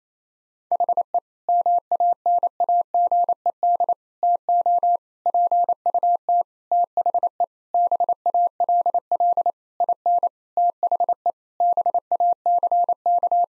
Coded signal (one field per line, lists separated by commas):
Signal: Morse code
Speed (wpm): 28 wpm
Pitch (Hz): 700 Hz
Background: none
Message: HE MANAGED TO PUT THE BALL IN THE BACK